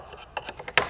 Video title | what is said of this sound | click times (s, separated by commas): Diagnosing and Replacing a N80 Valve - 2.5 Liter | here. Click. | 0.8 s